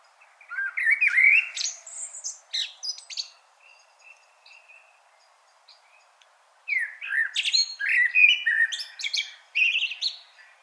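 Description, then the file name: Common blackbird song: two phrases, each opening with low, mellow, fluty whistles and ending in high, squeaky twittering, separated by a quiet pause of several seconds. "Turdus merula"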